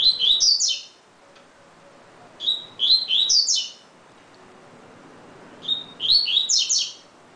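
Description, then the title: Double-collared seedeater singing three brief phrases of bright, sweeping whistled notes, roughly every three seconds, with quiet gaps between them. "Canto Coleiro"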